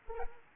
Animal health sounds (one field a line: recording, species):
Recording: mosquito wingbeat signal from an infrared sensor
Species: Anopheles arabiensis